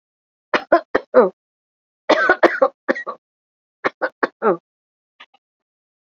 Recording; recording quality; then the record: shallow voluntary cough; excellent, no background noise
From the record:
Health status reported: recovered from COVID-19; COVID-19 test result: positive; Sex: female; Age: 50 years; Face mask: worn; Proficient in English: yes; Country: India